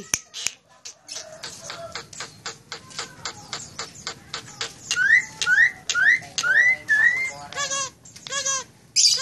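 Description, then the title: Nias hill myna singing a run of sharp clicking notes, then five rising whistles about half a second apart, ending in harsh rasping squawks. Loud, prolific singing, intended as a masteran model for training other songbirds. "Burung Jalak Nias Gacor Suara Super Gledek Untuk Masteran"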